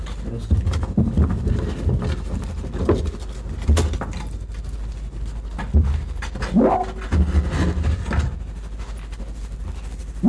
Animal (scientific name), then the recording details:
Vulpes lagopus. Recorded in captivity. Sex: male. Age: adult. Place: Zoologisches Institut der HUB, Berlin, DE. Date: 1957-03-13 17:30. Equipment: Elmetra. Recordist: Tembrock, Günter. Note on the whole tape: Fuchsanlage: "Teddy" sitzt unter der Kiste, Herr Heydecke betritt die Anlage, "Teddy" geschlossenes Bellen; Heydecke versucht "Teddy" herauszutreiben - dabei Knurrbellen, beißt mit stoßendem Knurren ins Brett